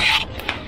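A hand presses the second plastic seal on a dialysis tubing line together, with a brief rasping rub at the start and sharp clicks around 0.4 s and 0.7 s. The loudest click at 0.5 s marks the seal seating in place.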